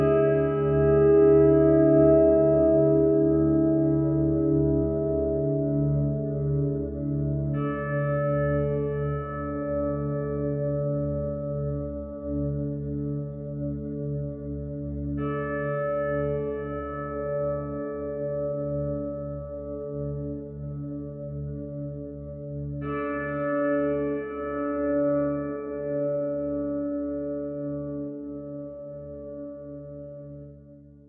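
Meditation music in 432 Hz: a deep, sustained drone with ringing bowl-like tones. A fresh strike lands roughly every seven to eight seconds, adding a bright shimmer that slowly fades into the low, steady hum. Loudness eases gently toward the end.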